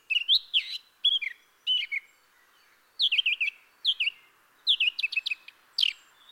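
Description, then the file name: Eurasian blackcap song, short groups of sweet warbled and whistled notes, rising and falling, delivered in separate bursts with brief gaps. "Sylvia atricapilla"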